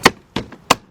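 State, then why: Seated. A small plastic trim bezel on the left front door panel of a 2003–2012 Land Rover Range Rover is pressed into place during a window motor and regulator replacement. Several sharp plastic snaps are heard at 0.1, 0.4 and 0.5 s. A loud final click at 0.7 s marks the bezel's clips locking home and the bezel seated.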